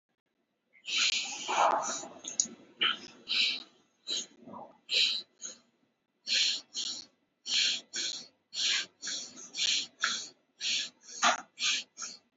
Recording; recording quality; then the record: shallow breathing; excellent, no background noise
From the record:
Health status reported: COVID-19 positive, mild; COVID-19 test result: positive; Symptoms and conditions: breathing difficulty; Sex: male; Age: 39 years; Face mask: not worn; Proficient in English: yes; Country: India